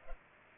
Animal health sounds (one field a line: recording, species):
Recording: mosquito wingbeat signal from an infrared sensor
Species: Culex pipiens